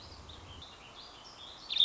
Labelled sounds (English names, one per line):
Warbling Vireo